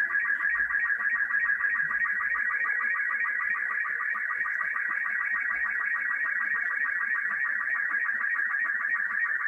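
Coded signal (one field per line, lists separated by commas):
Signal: SSTV (slow-scan television)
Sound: steady warbling, chirping tone in the high midrange with a rapid regular ticking rhythm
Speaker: so I'm now going to send that picture along the wire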